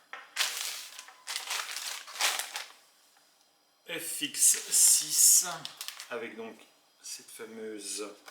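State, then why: Not seated. The top handle is being fitted onto the body of a Sony FX6 cinema camera during an unboxing. Crinkly handling and rustling noises come in bursts while someone talks. The handle is handled but not yet home, and nothing has clipped or seated yet.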